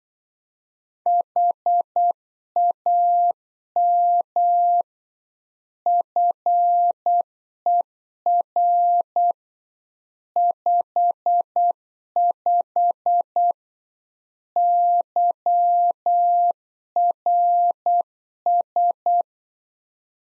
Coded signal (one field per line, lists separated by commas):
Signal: Morse code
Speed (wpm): 8 wpm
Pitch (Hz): 700 Hz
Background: none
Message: HAM FER 55 YRS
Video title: Practice QSO - Exchange 3- More Info - 8wpm